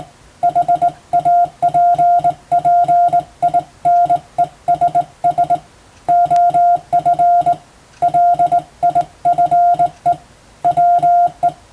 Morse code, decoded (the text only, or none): HAPPINESS OF LIFE WE